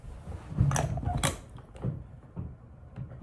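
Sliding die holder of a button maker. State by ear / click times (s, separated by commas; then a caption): seated / 1.2 s. After the first press, the sliding die holder of a manual button maker is pushed all the way across, making a scraping slide with several sharp knocks between about 0.7 and 1.8 s. It clicks into place at 1.2 s, the loudest hit, leaving the die ready for the second press.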